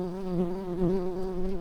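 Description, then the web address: Tree bumblebee buzzing, a steady low drone with rich harmonics that wavers slightly in pitch throughout, with no other sounds. Worker bees. "Hypnorum workers"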